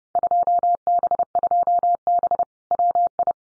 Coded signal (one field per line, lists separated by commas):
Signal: Morse code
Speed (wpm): 30 wpm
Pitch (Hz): 700 Hz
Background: none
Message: 2B2B WI